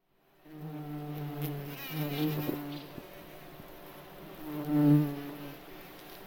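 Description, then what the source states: Bumblebee wing buzz, a low droning hum with rich harmonics that swells twice. Wing buzzing, heard in nature.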